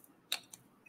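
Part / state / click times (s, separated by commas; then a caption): cap onto perfume bottle / not seated / none. A cap is pressed back onto a heavy perfume bottle, making a sharp bright tap at 0.3 s and a softer tick at 0.5 s, with faint ticks near the start and end. The cap does not click; it is a friction fit with no snap that holds firmly on the bottle.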